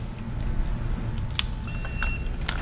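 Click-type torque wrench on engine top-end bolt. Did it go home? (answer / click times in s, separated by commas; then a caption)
yes / 1.4 s. A click-type torque wrench tightens a bolt on an engine top end, likely a cam cap or head bolt, to 10 N·m over a steady low background hum. The wrench gives one sharp click at 1.4 s as it reaches its setting, and the bolt is tight.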